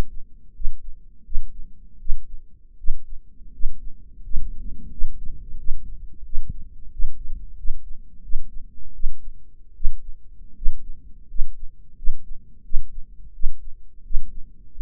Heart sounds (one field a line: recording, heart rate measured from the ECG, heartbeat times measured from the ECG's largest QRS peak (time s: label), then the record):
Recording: heart sounds by microphone in the right ear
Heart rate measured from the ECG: 85 bpm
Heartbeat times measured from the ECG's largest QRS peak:
0.54 s: heartbeat
1.24 s: heartbeat
1.99 s: heartbeat
2.78 s: heartbeat
3.53 s: heartbeat
4.23 s: heartbeat
4.91 s: heartbeat
5.58 s: heartbeat
6.24 s: heartbeat
6.92 s: heartbeat
7.57 s: heartbeat
8.23 s: heartbeat
8.94 s: heartbeat
9.75 s: heartbeat
10.55 s: heartbeat
11.28 s: heartbeat
11.96 s: heartbeat
12.63 s: heartbeat
13.33 s: heartbeat
14.04 s: heartbeat
14.72 s: heartbeat
From the record:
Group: healthy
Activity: rest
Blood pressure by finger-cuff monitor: 165/128 mmHg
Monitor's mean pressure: 135 mmHg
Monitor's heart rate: 86 bpm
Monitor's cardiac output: 6.2 L/min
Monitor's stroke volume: 75 mL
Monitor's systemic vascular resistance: 1650 dyn s/cm5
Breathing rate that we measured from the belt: 17 breaths a minute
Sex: male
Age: 23 years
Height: 179 cm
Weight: 87 kg